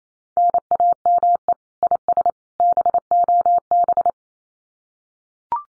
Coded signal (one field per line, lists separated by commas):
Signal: Morse code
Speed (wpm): 28 wpm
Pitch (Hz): 700 Hz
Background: none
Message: NAME IS BOB